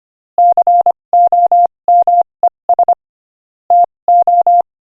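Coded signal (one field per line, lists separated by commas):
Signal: Morse code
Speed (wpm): 25 wpm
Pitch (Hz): 700 Hz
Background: none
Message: COMES TO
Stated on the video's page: Morse code practice at 25 wpm, sending inspirational quotations.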